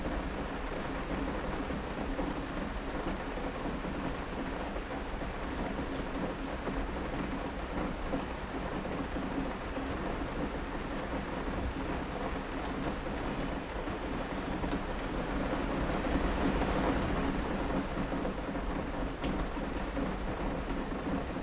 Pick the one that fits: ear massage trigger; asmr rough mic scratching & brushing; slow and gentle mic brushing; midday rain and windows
midday rain and windows